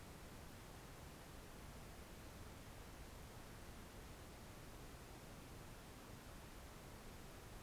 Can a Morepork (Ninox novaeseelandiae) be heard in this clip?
no